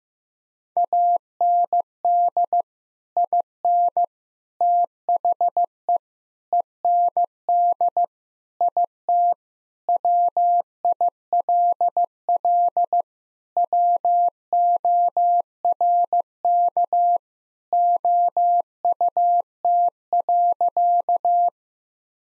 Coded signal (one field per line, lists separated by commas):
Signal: Morse code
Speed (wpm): 15 wpm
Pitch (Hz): 700 Hz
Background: none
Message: AND IN THE END IT WILL WORK OUT.